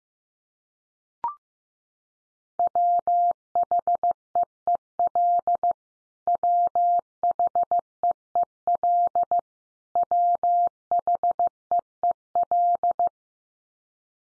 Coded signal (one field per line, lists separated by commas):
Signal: Morse code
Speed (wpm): 15 wpm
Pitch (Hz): 700 Hz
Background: none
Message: WHEEL WHEEL WHEEL